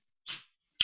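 A single brief, sharp, hissy puff of air lasting about a fifth of a second, mostly high-pitched with a faint low fluttery component, then the start of another burst. It is one quick sneeze from a small pet called Moon Bear in a quiet room.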